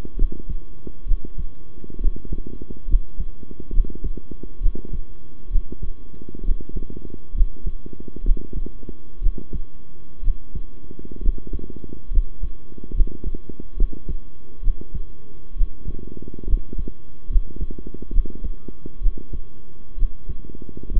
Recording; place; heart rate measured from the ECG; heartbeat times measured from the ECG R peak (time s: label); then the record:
heart sounds by stethoscope; between the tricuspid and mitral areas; 67 bpm
0.16 s: heartbeat
1.05 s: heartbeat
1.99 s: heartbeat
2.87 s: heartbeat
3.72 s: heartbeat
4.60 s: heartbeat
5.50 s: heartbeat
6.43 s: heartbeat
7.34 s: heartbeat
8.23 s: heartbeat
9.21 s: heartbeat
10.22 s: heartbeat
11.21 s: heartbeat
12.10 s: heartbeat
12.93 s: heartbeat
13.76 s: heartbeat
14.62 s: heartbeat
15.55 s: heartbeat
16.46 s: heartbeat
17.29 s: heartbeat
18.11 s: heartbeat
19.00 s: heartbeat
19.97 s: heartbeat
20.90 s: heartbeat
From the record:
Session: rest, sitting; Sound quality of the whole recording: good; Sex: male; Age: 23 years